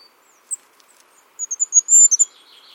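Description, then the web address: Bird giving a short cluster of high, thin chirps and squeaky notes after a single earlier note, the sounds brief and sharp. "cianscape birddata Deverinetal 2025 File origin Bird Only"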